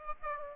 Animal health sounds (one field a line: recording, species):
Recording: mosquito wingbeat signal from an infrared sensor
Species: Aedes aegypti